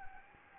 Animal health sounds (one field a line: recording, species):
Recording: mosquito wingbeat signal from an infrared sensor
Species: Anopheles gambiae